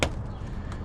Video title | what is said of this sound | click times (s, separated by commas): 2024 Subaru Forester Oil Change Guide: Step-by-Step Maintenance for Optimal Performance | sure it's in. Snap. | 0.0 s